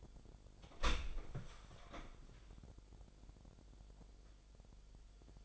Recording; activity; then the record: daily activity, microphone in the room; open door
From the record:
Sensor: 5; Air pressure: 1007.2 hPa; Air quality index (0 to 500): 170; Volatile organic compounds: 4 ppm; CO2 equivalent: 1622 ppm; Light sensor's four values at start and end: 55/157/61/61 and 56/160/62/62